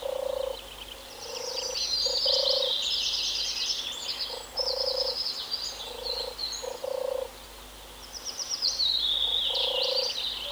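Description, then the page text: European turtle dove giving deep, vibrating purred phrases in short bursts, repeated several times, while other birds chatter and twitter at a high pitch. Cooing bird. "European Turtle Dove (Streptopelia turtur). Koerende zomertortel"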